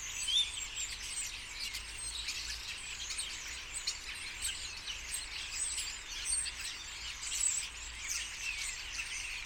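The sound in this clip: Common starling flock in constant chatter, overlapping squeaky notes and sharp clicks forming a steady high-pitched wash throughout.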